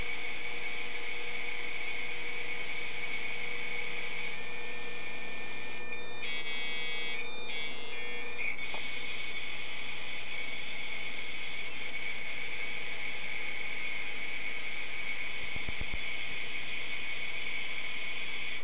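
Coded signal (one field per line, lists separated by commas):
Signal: dial-up modem handshake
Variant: 56K modem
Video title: Dial-Up Internet in 2022 with 56K modem & Windows 98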